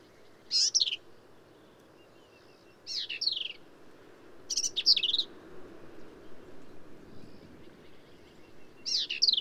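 Black-capped vireo song of several brief, scratchy high phrases at irregular intervals against soft background noise.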